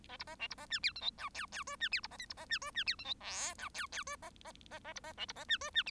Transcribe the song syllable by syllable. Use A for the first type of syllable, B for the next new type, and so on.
A B A C B A D E F G H I I J D E B A K B A D J D E F G L H I I J A A A A B A C B A D J D